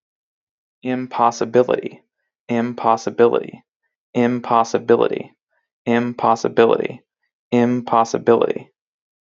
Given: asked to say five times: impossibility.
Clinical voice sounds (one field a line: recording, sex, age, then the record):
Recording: repeated word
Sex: male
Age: 20 to 29 years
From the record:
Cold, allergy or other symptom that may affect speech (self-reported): no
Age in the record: 25 years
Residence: Ohio, United States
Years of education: 17